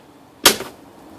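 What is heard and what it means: A puller tool is tightened on the second windshield wiper arm of a BMW E39 5-Series (525i, 530i, 540i) until the arm pops free of its metal pivot shaft. After near silence, a single sharp, broadband pop sounds at 0.5 s and fades over about a quarter second, and the arm is released.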